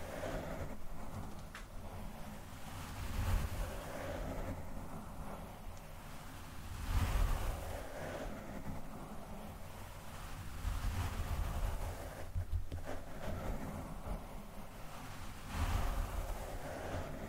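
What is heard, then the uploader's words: Rough brushing and scratching on a microphone, a continuous rumbling rustle that swells in heavy bursts around seven, eleven and sixteen seconds. Mic Brushing, Scratching, & Fast Tapping.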